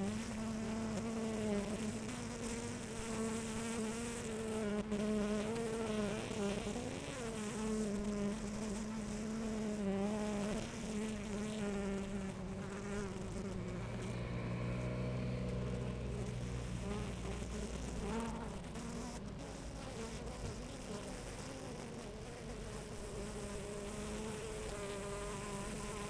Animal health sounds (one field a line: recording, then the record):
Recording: honeybee colony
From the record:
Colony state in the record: active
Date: 28 July 2017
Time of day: 11:45